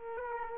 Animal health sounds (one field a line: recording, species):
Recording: mosquito wingbeat signal from an infrared sensor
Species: Culex quinquefasciatus